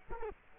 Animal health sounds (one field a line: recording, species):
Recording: mosquito wingbeat signal from an infrared sensor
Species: Culex quinquefasciatus